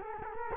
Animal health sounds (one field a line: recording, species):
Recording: mosquito wingbeat signal from an infrared sensor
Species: Culex quinquefasciatus